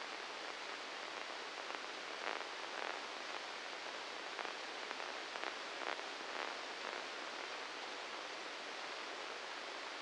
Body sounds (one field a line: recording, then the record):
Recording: brain microelectrode recording played as sound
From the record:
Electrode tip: inside the subthalamic nucleus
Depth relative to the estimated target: -2 mm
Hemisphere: left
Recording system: NeuroSet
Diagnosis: Parkinson's disease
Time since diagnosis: 7 years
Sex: male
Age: 44 years